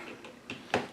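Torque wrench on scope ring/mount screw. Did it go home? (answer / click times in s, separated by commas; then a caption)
yes / 0.7 s. A torque-limiting wrench tightens a cross screw on a Burris PEPR scope mount, rolled over until it reaches its set torque. Two faint ticks at about 0.3 and 0.5 seconds lead up to a sharp, louder click at 0.7 seconds as the wrench breaks over. The screw is confirmed tightened to the set torque.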